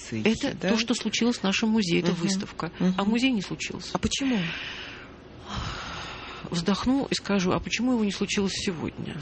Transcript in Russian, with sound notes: Это то, что случилась в нашем музее эта выставка, а в музее – не случилась.
А почему? (тяжело вздыхает)
Вздохну и скажу: а почему его не случилось сегодня?